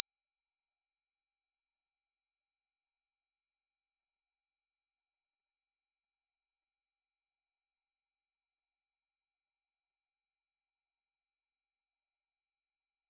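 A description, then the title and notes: A single pure sine tone at 5551 Hz holds perfectly steady for the full thirteen seconds, high and piercing with no wavering in pitch or volume. Nothing else sounds around it; the tone simply continues unbroken until it cuts off at the end. 5551 Hz 1 Hz Interval Sine Pure Tone Frequency 441000 Sample Mono.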